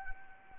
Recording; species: mosquito wingbeat signal from an infrared sensor; Anopheles arabiensis